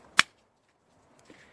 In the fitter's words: you can put it in either direction when you push it in you get this click